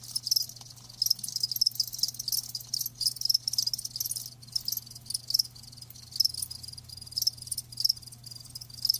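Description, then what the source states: Scattered high cricket chirps, short and clipped, rise above a continuous hissing insect background with a faint low hum. Live crickets chirping with a lulling song.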